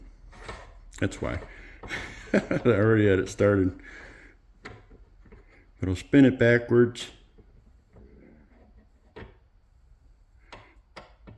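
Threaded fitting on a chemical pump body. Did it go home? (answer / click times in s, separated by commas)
yes / 11.0 s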